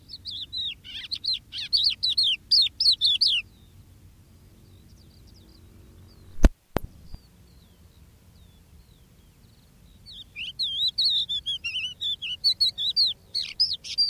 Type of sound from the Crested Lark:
song